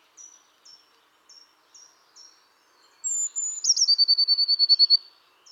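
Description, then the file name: Eurasian blue tit call: several short high chips, then a long thin whistle and a fast trill of about a dozen notes. "Cyanistes caeruleus"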